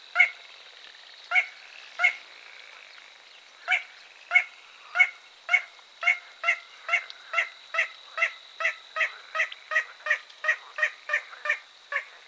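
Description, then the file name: Little crake calling in a series of sharp barking notes that start spaced and then speed up into a rapid, even run of many notes. "Mindre sumphona"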